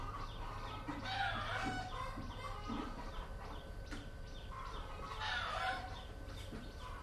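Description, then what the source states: Chickens clucking and squawking in irregular bursts, two louder outbursts of several birds together, low background hum. Chickens recorded in Vietnam in 2019 while travelling.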